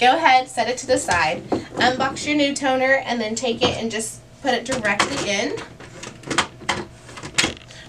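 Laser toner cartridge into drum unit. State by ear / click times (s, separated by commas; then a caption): seated / 7.4 s. Someone talks while a new plastic laser toner cartridge for a Brother MFC L5850dw is unboxed and pushed directly into the drum unit, with a few short knocks from around 6.0 to 6.7 s. A sharp click at 7.4 s marks the cartridge latching into the drum unit, confirming it is seated.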